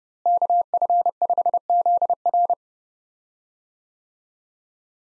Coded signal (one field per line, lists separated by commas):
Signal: Morse code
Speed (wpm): 30 wpm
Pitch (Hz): 700 Hz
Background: none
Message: KF5ZR